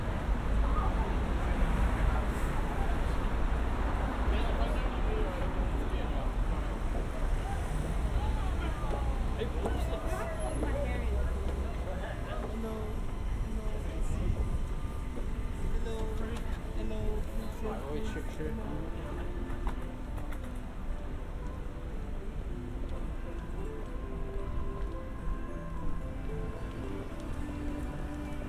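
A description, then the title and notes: A busy West End Saturday night: a steady crowd murmur of many voices over a low traffic rumble, with scattered brighter shouts and clatter. The sounds of a Saturday night in London's busy West End.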